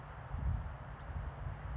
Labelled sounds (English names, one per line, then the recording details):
California Towhee
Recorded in Sonoma County, California